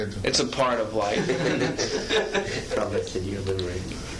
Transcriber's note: devotees laugh